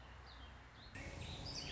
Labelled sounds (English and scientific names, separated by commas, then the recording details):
Warbling Vireo (Vireo gilvus)
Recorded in Sonoma County, California